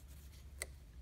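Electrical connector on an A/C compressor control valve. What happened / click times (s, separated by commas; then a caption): The electrical connector snapped home / 0.6 s. The electrical connector is pushed back onto a newly fitted A/C compressor control valve, which sits in its groove. Over a low, steady hum, a single sharp click sounds at 0.6 s as the connector snaps into place and seats.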